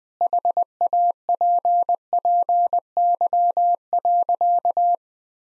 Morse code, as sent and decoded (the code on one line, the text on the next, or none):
.... .- .--. .--. -.-- .-.-.-
HAPPY.